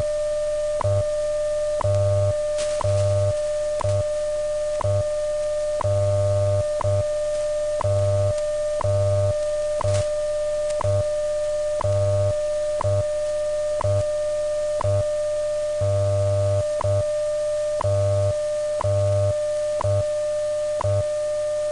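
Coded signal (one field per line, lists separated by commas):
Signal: radio time signal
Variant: WWV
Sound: steady 600 Hz tone broken by a short tick every second, over low pulsing hum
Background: radio static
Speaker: 16 hours 31 minutes coordinated universal time [Applause] at the tone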